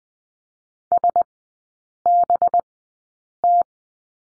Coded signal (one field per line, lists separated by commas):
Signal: Morse code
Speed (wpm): 20 wpm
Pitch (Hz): 700 Hz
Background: none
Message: SBT